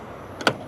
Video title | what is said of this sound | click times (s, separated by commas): Wuling Binguo ไปกลับ กรุงเทพฯ - โคราช 530 กม. - เชียงใหม่ - ดอยอินทนนท์ ไม่ต้องแวะชาร์จ - | Plug it in and it will lock it. | 0.5 s